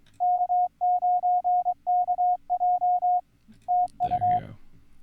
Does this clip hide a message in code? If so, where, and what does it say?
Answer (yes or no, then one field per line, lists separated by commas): yes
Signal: Morse code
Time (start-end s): 0.2-4.4 s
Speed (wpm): 23 wpm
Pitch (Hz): 720 Hz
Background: none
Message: K9KJ TU